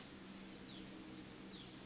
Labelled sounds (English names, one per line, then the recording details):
Blue-gray Gnatcatcher
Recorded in Sonoma County, California